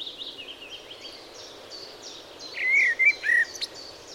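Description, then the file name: Eurasian blackbird with soft high twitters followed by a short, loud, mellow fluted warble of three slurred notes, then a thin squeak. "Turdus merula"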